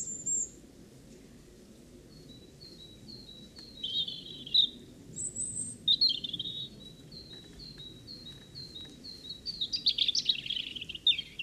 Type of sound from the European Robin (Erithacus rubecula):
song